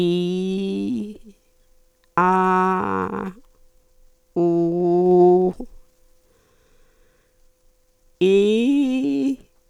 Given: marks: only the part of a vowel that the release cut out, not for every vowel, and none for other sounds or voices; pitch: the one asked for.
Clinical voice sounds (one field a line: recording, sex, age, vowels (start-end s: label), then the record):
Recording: sustained vowels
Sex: female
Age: 70 to 79 years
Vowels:
0.00-0.93 s: vowel /i/, normal pitch
2.21-3.00 s: vowel /a/, normal pitch
4.41-5.36 s: vowel /u/, normal pitch
8.28-9.23 s: vowel /i/, high pitch
From the record:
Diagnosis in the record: functional dysphonia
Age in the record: 74 years